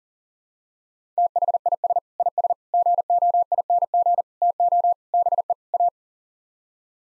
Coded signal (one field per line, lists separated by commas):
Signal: Morse code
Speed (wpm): 40 wpm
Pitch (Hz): 700 Hz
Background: none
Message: THIS IS GOING TO BE A